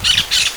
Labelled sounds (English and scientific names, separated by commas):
Brown-throated Parakeet (Eupsittula pertinax) contact call